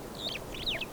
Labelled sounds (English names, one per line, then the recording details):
Superb Starling flight call
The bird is a male
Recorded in Kenya on 22 April 2009 at 09:13
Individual 110, of group WDB